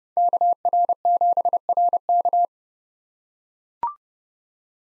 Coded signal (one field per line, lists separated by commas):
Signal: Morse code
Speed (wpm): 30 wpm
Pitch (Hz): 700 Hz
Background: none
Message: KR7RK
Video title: 2023 SOTA Activator Call Signs - 30wpm